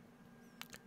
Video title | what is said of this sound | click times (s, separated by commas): GPD Win Max 2 7840u 4G LTE and SSD Install | so this is where it's located uh just easily Clips in | 0.6 s